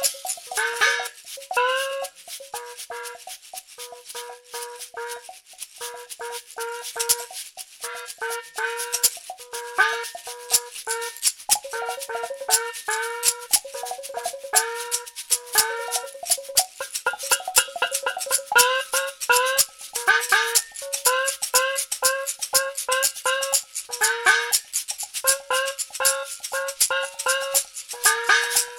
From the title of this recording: Chinese gongs and cowbells